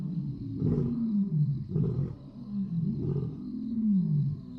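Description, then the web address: Lion roaring in deep grunting bursts, each sliding slightly downward, repeated roughly every second, with a steady thin high hum in the background. "lion roar. trip to the zoo animals sound sensory story"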